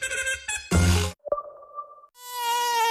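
In a radio advert for Afterbite insect-bite pen, a thin, whining mosquito buzz comes in several bursts, its pitch sliding and shifting, with a louder, rougher stretch in the middle and a steady high drone at the end. No one speaks.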